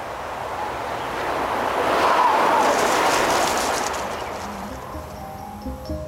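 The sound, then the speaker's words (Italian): The 299-horsepower engine of a Lexus RX 450h Full Hybrid pushed to full power, coming through as a broad, airy rush that swells for a couple of seconds and then eases off, without a sharp roar. No one speaks. “State per sentire 299 cavalli al massimo della loro potenza.”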